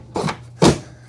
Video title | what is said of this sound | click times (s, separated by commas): Ecovacs Deebot T30S Combo Robot Vacuum & Mop UNBOXING & SET UP | Slide that in. Both sides have clicked into place. Very, very important. | 0.2 s